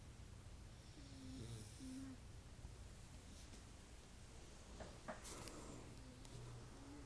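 Low, rumbling snoring with tonal whistling notes from a sleeping pug, typical of flat-faced breed airways.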